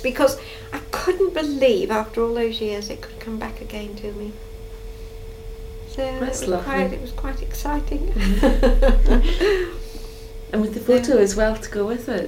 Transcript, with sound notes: Because I believe after all those years it could come back again to me. So--
That's lovely.
It was quite exciting. [laughs]
Mhm. And with the photo as well to go with it.